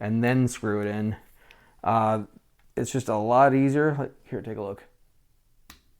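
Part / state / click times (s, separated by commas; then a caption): screw into a plastic threaded boss of a CD-ROM drive / seated / 5.7 s. Someone talks while a screw is turned backwards in a plastic threaded boss of a Packard Bell CD-ROM drive, so it can follow the existing factory threads instead of cutting new ones that stress the old plastic. After a quiet pause, a small sharp click at 5.7 s marks the screw dropping into the factory thread and seating, ready to be driven forward.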